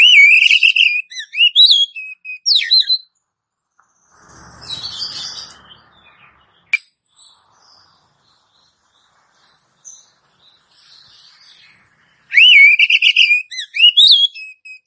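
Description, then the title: Oriental magpie-robin singing loud, clear whistled phrases with rising and falling notes and quick trills, two bursts at start and end separated by a soft rustling noise and silence. "Kacer"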